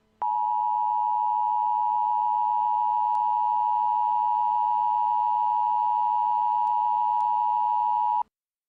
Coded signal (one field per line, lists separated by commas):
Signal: Emergency Alert System (SAME) tones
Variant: 853 and 960 Hz attention tone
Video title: EAS Scenario: The Memorial Day Massacure